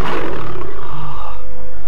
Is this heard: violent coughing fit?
no